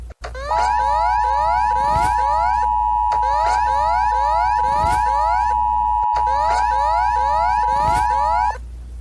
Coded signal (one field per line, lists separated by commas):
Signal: Emergency Alert System (SAME) tones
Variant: 853 and 960 Hz attention tone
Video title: Rating EAS Alarms Part 4 (So many requests)